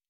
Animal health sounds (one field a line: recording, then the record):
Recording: hydrophone in a shrimp aquaculture tank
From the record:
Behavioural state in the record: normal